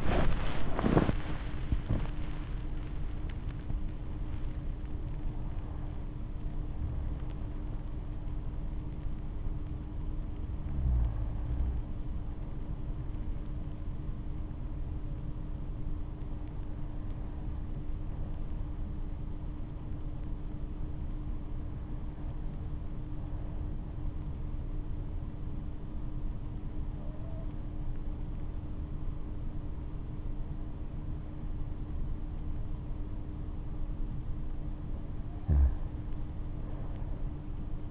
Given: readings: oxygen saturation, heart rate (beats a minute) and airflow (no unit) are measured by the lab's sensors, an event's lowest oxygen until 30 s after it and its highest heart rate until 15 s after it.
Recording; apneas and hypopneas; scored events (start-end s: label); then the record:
breathing in sleep by a smartphone at the bedside; 1
17.00-33.90 s: hypopnea (N1, oxygen 97% highest, then 93% lowest, heart rate 66 at the start, 70 highest)
28.00-37.91 s: new sleep stage, N2 (light sleep)
From the record:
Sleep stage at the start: N1 (lightest sleep); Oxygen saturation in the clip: 82 to 97%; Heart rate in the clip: 64 to 88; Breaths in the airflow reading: 8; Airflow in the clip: -9.5 to 12.3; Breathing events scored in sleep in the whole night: 228 in 5.4 hours asleep